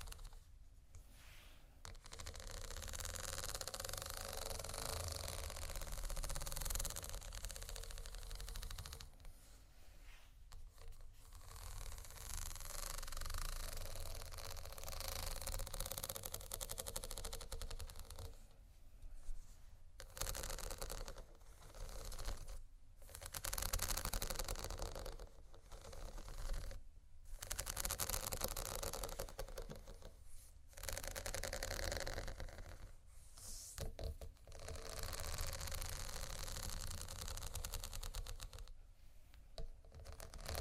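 Slow scratching and tapping on textured surfaces makes a dense, rough, hissing scrape that runs nearly continuously over a steady low rumble. Brief pauses break the sound every few seconds, more often in the second half, with small clicking taps mixed in.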